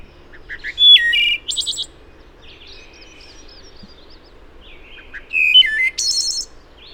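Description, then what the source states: Wood thrush song in two phrases several seconds apart, each with liquid flute-like whistles and a high buzzy trill; faint soft notes sound in the gap. Recorded 26 April 2009.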